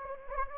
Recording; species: mosquito wingbeat signal from an infrared sensor; Anopheles gambiae